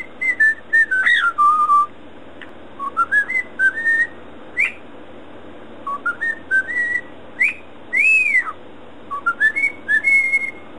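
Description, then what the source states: Cockatiel giving clear whistled phrases, each a quick rising series of short notes, mostly followed by a bright arched whistle. Cockatiel whistling (siulan).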